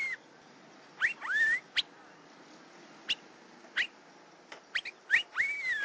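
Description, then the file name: Asian fairy-bluebird whistles: liquid rising-then-level notes with scattered single sharp chips between them. "suara kacembang gadung"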